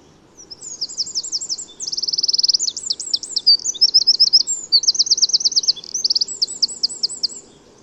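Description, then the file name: Eurasian wren song: a rapid, very high, bubbling outpouring of tumbling notes and fast buzzy trills, lasting about seven seconds, over a soft background hum. "Troglodytes troglodytes"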